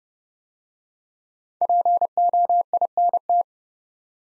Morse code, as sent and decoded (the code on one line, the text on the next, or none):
.--. --- .. -. -
POINT